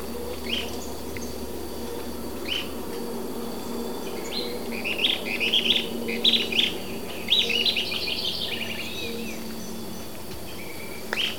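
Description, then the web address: Sooty-headed tyrannulet song: scattered high, thin notes, then a quicker chattering run of sharp chips near the middle, over a steady low hum. Ecuador. "Natures Songs S America Birds of Ecuador. Sooty-headed Tyrannulet"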